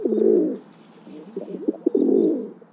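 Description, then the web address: Pigeon gives two deep, rolling coos, with quieter gurgling notes in between. "a pigeons eye view"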